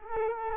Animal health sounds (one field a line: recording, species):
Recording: mosquito wingbeat signal from an infrared sensor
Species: Culex quinquefasciatus